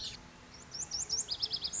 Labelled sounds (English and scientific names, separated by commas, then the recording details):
Lazuli Bunting (Passerina amoena)
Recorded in Sonoma County, California